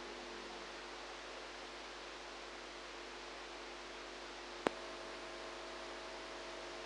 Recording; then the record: brain microelectrode recording played as sound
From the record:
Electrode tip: outside the subthalamic nucleus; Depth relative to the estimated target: -4 mm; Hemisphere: right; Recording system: NeuroSet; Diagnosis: Parkinson's disease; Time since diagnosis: 8 years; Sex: female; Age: 45 years